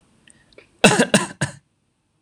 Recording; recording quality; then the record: shallow voluntary cough; excellent, no background noise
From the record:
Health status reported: healthy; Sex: male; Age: 18 years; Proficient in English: yes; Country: India